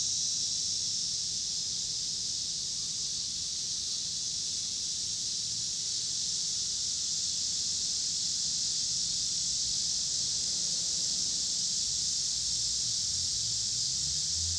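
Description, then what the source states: Steady high-pitched cicada drone, unbroken and even, while a vehicle's low rising hum appears toward the end. Pittsburgh, Pennsylvania, 26 August 2023; recorded alongside passing cars.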